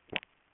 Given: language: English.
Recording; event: throat vibration sensor signal played as sound; swallow